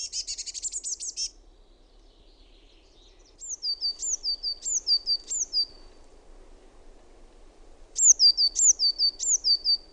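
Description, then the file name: Eurasian blue tit calls: a quick buzzy chatter at first, then two runs of high, sharply falling thin notes, each ending on a lower note, repeated about twice a second. "SINITIAINEN"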